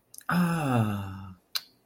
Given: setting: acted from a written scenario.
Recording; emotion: vocal sound without words; realization